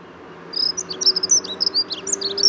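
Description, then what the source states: Dunnock delivering a hurried, squeaky warble of high notes running together for about two seconds, with a hum of traffic. Morning between 8 and 10:30 on 14 February 2019, edge of the Bois de Vincennes; unusually sunny spring-like weather; urban bird keeping to small gardens with cars around; Nagra recorder with Telinga parabolic dish.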